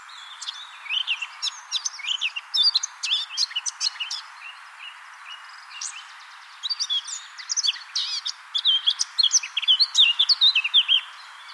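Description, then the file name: Eurasian blackcap warbling in two bursts of rapid, varied chirps and twitters, separated by a brief quieter pause near the middle. "Sylvia atricapilla"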